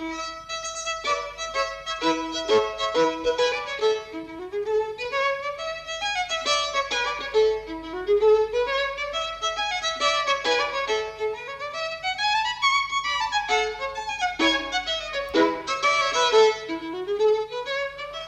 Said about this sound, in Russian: Инструмент был испорчен, и мне пришлось приобрести новую скрипку. И вы послушайте, как она прекрасно звучит.